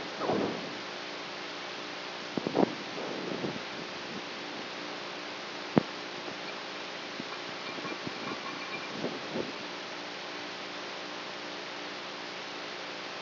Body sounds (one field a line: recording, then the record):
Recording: brain microelectrode recording played as sound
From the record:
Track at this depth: outside the subthalamic nucleus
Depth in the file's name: 1.006 mm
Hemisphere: right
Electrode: 3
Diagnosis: Parkinson's disease